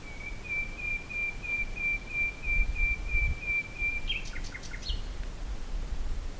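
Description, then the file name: Common nightingale song: a long series of pure, high whistled notes on one pitch, then a quick burst of sharp, varied chirps near the end, over low rumbling background noise. "usignolo"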